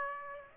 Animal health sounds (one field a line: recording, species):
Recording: mosquito wingbeat signal from an infrared sensor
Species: Aedes aegypti